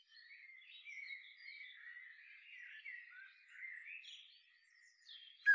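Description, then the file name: Common blackbird giving a quiet, continuous rambling warble that rises and falls without a break. A sharp click sounds at the very end. "Turdus merula"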